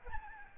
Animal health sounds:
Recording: mosquito wingbeat signal from an infrared sensor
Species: Aedes albopictus

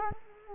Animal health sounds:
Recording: mosquito wingbeat signal from an infrared sensor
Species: Culex quinquefasciatus

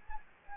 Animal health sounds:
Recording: mosquito wingbeat signal from an infrared sensor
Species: Anopheles gambiae

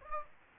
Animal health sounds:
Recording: mosquito wingbeat signal from an infrared sensor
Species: Aedes aegypti

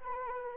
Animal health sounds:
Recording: mosquito wingbeat signal from an infrared sensor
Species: Anopheles arabiensis

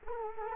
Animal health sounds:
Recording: mosquito wingbeat signal from an infrared sensor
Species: Culex quinquefasciatus

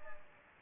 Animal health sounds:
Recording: mosquito wingbeat signal from an infrared sensor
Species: Aedes aegypti

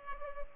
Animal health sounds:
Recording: mosquito wingbeat signal from an infrared sensor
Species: Culex pipiens

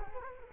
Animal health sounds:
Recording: mosquito wingbeat signal from an infrared sensor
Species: Culex quinquefasciatus

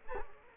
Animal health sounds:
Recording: mosquito wingbeat signal from an infrared sensor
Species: Culex quinquefasciatus

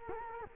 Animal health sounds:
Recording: mosquito wingbeat signal from an infrared sensor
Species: Culex quinquefasciatus

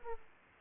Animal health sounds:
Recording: mosquito wingbeat signal from an infrared sensor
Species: Aedes aegypti

